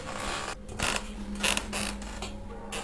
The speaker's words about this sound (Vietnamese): chỗ cái tủ quần áo của cô Thao, cánh cửa tủ gỗ khẽ từ từ mở ra, vang lên trong đêm khuya vắng đến rợn cả người